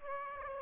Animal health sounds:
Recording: mosquito wingbeat signal from an infrared sensor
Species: Aedes aegypti

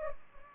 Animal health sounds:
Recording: mosquito wingbeat signal from an infrared sensor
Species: Culex pipiens

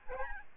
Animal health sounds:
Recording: mosquito wingbeat signal from an infrared sensor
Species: Aedes albopictus

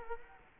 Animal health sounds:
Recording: mosquito wingbeat signal from an infrared sensor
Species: Culex quinquefasciatus

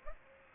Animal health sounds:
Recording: mosquito wingbeat signal from an infrared sensor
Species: Aedes aegypti

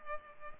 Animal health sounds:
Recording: mosquito wingbeat signal from an infrared sensor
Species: Culex pipiens

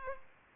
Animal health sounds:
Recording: mosquito wingbeat signal from an infrared sensor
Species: Culex pipiens

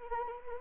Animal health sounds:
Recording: mosquito wingbeat signal from an infrared sensor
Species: Anopheles arabiensis

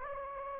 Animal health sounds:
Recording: mosquito wingbeat signal from an infrared sensor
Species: Anopheles gambiae

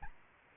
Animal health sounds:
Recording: mosquito wingbeat signal from an infrared sensor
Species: Aedes albopictus

